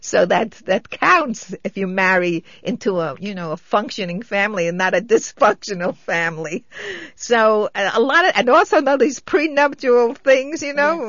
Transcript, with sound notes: So that's -- that counts if you marry into a, you know, a functioning family and not a dysfunctional family. ( she laughs ) So a lot of, and also all these pre-nuptial things, you know.